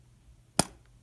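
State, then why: Released. With the rewind knob pulled up, the latch on the hinged back door of a 35mm film camera lets go and the door pops open, leaving the camera back released. A single loud, sharp pop sounds at 0.6 s against quiet background. A faint, brief high tick follows around 0.9 s.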